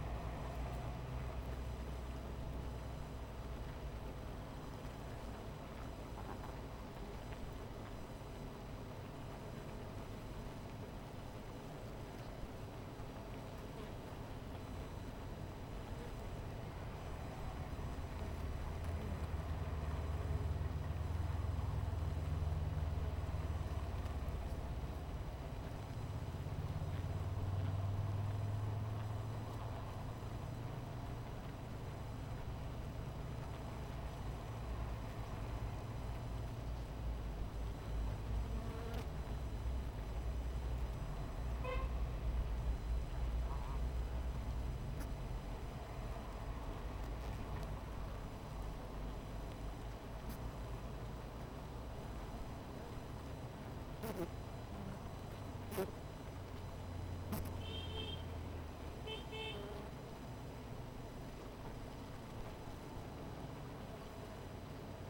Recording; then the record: honeybee colony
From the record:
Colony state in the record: missing queen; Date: 14 July 2017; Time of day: 17:28